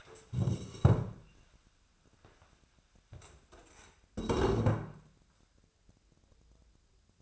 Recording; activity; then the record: daily activity, microphone in the room; stand up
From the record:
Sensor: 2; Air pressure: 1015.1 hPa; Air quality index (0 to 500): 165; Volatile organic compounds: 9 ppm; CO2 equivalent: 2138 ppm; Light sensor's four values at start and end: 12/32/12/14 and 11/30/11/13